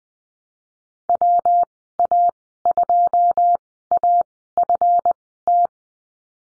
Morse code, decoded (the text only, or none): WA2AFT